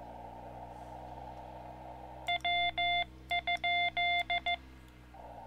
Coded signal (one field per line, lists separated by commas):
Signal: Morse code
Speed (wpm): 14 wpm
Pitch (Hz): 2100 Hz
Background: none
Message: W?